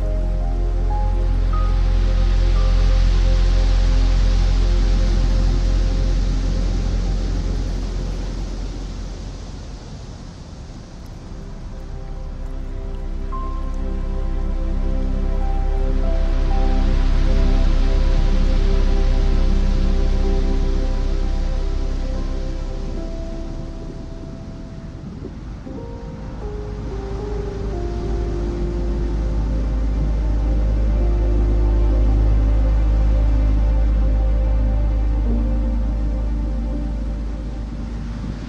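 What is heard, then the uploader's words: Calm piano music plays over the steady wash of ocean waves. Soft, sustained chords and occasional single notes drift slowly along. The surf swells and recedes in long cycles, easing around 10 and 25 seconds before building again. Calm Piano Music, and Ocean Waves.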